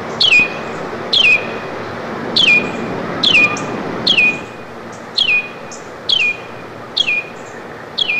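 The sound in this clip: Carolina wren calls: a steady string of short downslurred chip notes, roughly one per second, nine in all.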